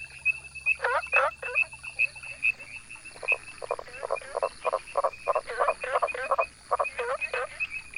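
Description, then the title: Frogs calling in a dense chorus of rapid croaks and clicking bursts, repeated irregularly, over a constant thin high tone. Frog calls at ponds across Taiwan, 2006–2009, a walk from pond to pond; the island has 32 frog species. "Grenouilles de Taiwan"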